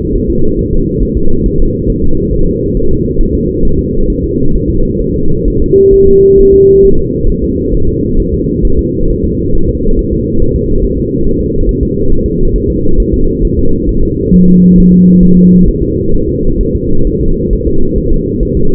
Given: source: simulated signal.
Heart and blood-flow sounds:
fetal heart sounds
0.15 s: S1
0.30 s: S2
0.59 s: S1
0.73 s: S2
1.03 s: S1
1.17 s: S2
1.46 s: S1
1.60 s: S2
1.90 s: S1
2.04 s: S2
2.33 s: S1
2.47 s: S2
2.77 s: S1
2.91 s: S2
3.21 s: S1
3.35 s: S2
3.65 s: S1
3.79 s: S2
4.10 s: S1
4.24 s: S2
4.56 s: S1
4.70 s: S2
5.02 s: S1
5.16 s: S2
5.48 s: S1
5.62 s: S2
5.94 s: S1
6.08 s: S2
6.40 s: S1
6.54 s: S2
6.85 s: S1
6.99 s: S2
7.30 s: S1
7.44 s: S2
7.75 s: S1
7.89 s: S2
8.20 s: S1
8.34 s: S2
8.65 s: S1
8.79 s: S2
9.10 s: S1
9.24 s: S2
9.55 s: S1
9.69 s: S2
9.99 s: S1
10.13 s: S2
10.42 s: S1
10.56 s: S2
10.84 s: S1
10.98 s: S2
11.27 s: S1
11.41 s: S2
11.69 s: S1
11.83 s: S2
12.12 s: S1
12.26 s: S2
12.56 s: S1
12.70 s: S2
13.00 s: S1
13.14 s: S2
13.44 s: S1
13.59 s: S2
13.89 s: S1
14.03 s: S2
14.34 s: S1
14.48 s: S2
14.78 s: S1
14.92 s: S2
15.23 s: S1
15.37 s: S2
15.68 s: S1
15.82 s: S2
16.14 s: S1
16.28 s: S2
16.61 s: S1
16.75 s: S2
17.07 s: S1
17.21 s: S2
17.53 s: S1
17.67 s: S2
17.98 s: S1
18.12 s: S2
18.43 s: S1
18.57 s: S2
From the record:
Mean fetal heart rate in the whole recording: 135 bpm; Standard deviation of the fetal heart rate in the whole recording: 3 bpm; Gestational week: 36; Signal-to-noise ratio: -19.1 dB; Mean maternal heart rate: 72 bpm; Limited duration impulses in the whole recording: present

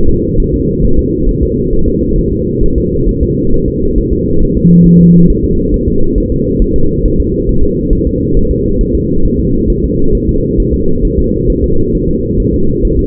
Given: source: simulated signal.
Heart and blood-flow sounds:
fetal heart sounds
0.09 s: S2
0.40 s: S1
0.54 s: S2
0.84 s: S1
0.99 s: S2
1.29 s: S1
1.43 s: S2
1.73 s: S1
1.88 s: S2
2.18 s: S1
2.33 s: S2
2.64 s: S1
2.78 s: S2
3.09 s: S1
3.23 s: S2
3.54 s: S1
3.68 s: S2
3.98 s: S1
4.13 s: S2
4.43 s: S1
4.57 s: S2
4.86 s: S1
5.01 s: S2
5.30 s: S1
5.44 s: S2
5.74 s: S1
5.88 s: S2
6.18 s: S1
6.32 s: S2
6.62 s: S1
6.76 s: S2
7.06 s: S1
7.20 s: S2
7.49 s: S1
7.63 s: S2
7.93 s: S1
8.07 s: S2
8.37 s: S1
8.51 s: S2
8.81 s: S1
8.95 s: S2
9.25 s: S1
9.40 s: S2
9.70 s: S1
9.84 s: S2
10.15 s: S1
10.29 s: S2
10.60 s: S1
10.74 s: S2
11.05 s: S1
11.19 s: S2
11.50 s: S1
11.64 s: S2
11.95 s: S1
12.09 s: S2
12.40 s: S1
12.54 s: S2
12.85 s: S1
12.99 s: S2
From the record:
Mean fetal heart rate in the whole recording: 135 bpm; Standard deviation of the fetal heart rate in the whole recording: 3 bpm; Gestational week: 36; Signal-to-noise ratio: -17.7 dB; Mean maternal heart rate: 72 bpm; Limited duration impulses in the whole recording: present

